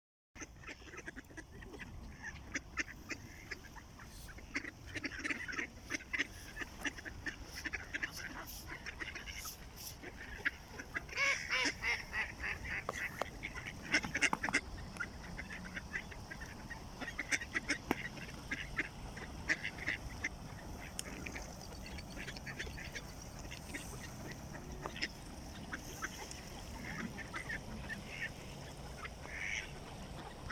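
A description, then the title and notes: Ducks quack in a steady, busy stream, with many short calls overlapping throughout the half minute. The calling grows denser and louder around eleven to fifteen seconds, then settles back to a continuous chatter over a low rumbling background. Ducks.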